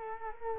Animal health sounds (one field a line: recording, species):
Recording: mosquito wingbeat signal from an infrared sensor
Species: Culex quinquefasciatus